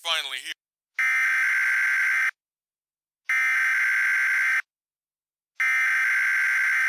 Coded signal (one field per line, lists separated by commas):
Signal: Emergency Alert System (SAME) tones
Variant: header bursts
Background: speech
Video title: EAS Mock 16: Cocked Pistol